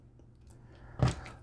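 A self-tapping screw is turned in reverse in its hole in a plastic housing boss until it clicks into the existing thread. After a quiet stretch with a faint tick at 0.5 s, a loud, sharp click sounds at 1.0 s, showing the screw has seated.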